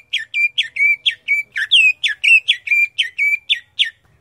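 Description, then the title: Grey-cheeked bulbul singing a steady series of many sharp, chirpy notes, fairly even in pitch throughout. "Kicau Burung Cucak Jenggot"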